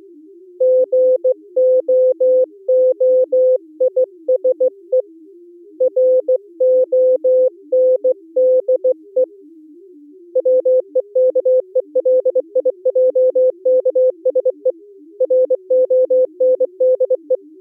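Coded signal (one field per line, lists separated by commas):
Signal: Morse code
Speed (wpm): 24 wpm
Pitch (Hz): 510 Hz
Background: music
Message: GOOISE RONDE WEKELIJKSE RONDE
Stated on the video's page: Low-level Contestia data at 355 Hz under speech: 125 Hz bandwidth, 8 tones, FEC, with start/stop tones.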